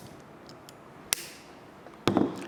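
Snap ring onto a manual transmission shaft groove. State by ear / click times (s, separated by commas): seated / 1.1 s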